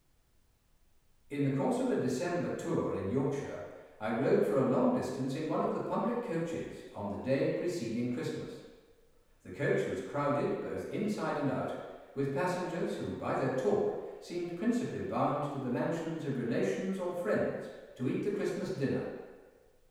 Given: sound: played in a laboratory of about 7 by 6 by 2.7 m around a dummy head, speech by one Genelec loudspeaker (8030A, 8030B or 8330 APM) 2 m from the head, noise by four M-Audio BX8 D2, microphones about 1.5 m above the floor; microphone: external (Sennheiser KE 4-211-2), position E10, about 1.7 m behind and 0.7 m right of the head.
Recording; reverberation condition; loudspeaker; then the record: male speech in English; high; 90 degrees to the left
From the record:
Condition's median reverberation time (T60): about 1300 ms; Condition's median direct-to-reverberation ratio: about -4.0 dB